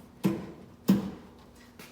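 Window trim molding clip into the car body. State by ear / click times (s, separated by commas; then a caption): seated / 0.2 s, 0.9 s. An Integra window trim molding is pushed down onto a Prelude car body so its plastic clips lock into place, with background music playing. Two sharp snaps are heard at about 0.3 s and 0.9 s as the clips lock in, followed by a fainter knock near 1.8 s. The trim molding clips are seated.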